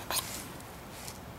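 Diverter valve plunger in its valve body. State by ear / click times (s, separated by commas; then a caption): not seated / none. The center plunger of a new turbo diverter valve for a 1.8T Audi A4 B6 (2002–2005) is pushed in and held in its valve body during a check for fault codes 17705 and P1297. A brief, sharp broadband hiss bursts at 0.1 s and lasts about a tenth of a second, followed by low, steady background noise. The plunger has not yet been released and nothing has snapped shut or clicked.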